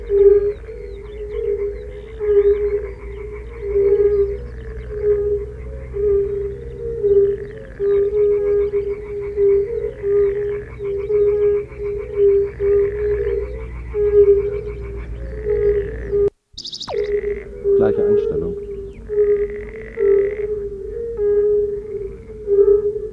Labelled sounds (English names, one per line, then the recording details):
Fire-Bellied Toad call
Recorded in the wild
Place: Groß Nemerow, Mecklenburg-Vorpommern, DE
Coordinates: 53.448, 13.219
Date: 1980-06-23 22:00
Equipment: Nagra III BH, Sennheiser MD 21, parabola
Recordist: Schubert, Michael